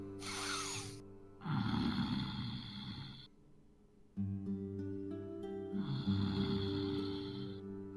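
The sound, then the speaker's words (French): Heavy, loud, rasping breaths of a large creature approaching nearby on heavy feet, two long snore-like inhalations with a gap between them, over a low steady droning hum. “Vous entendez également une grande et forte respiration.”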